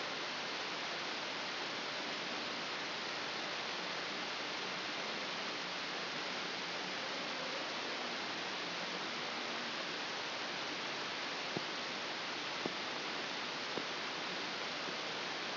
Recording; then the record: brain microelectrode recording played as sound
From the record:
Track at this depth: inside the subthalamic nucleus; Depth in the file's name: 6.907 mm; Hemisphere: left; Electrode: 2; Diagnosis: Parkinson's disease